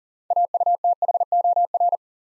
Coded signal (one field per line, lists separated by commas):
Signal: Morse code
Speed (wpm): 43 wpm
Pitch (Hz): 700 Hz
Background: none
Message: AUTHOR